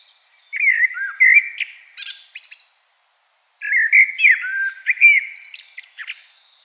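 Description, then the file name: Common blackbird song: two melodious, flutey phrases, each closing with thin, high squeaky twitters, with a short silent gap between. "Turdus merula"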